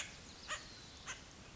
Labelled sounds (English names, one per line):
House Finch